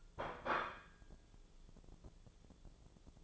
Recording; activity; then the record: daily activity, microphone in the room; place plate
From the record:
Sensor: 5